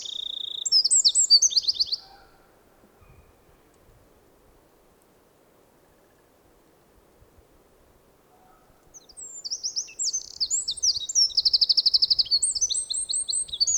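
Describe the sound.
Eurasian wren: the tail of one high trilling song, several seconds of near silence, then a second loud burst of rapid notes and rattling trills.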